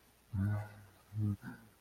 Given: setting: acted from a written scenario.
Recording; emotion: vocal sound without words; awe